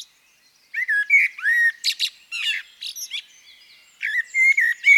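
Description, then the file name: Common blackbird singing rich whistled notes mixed with thin, scratchy high flourishes. "CHernyj drozd - Turdus merula - British Library"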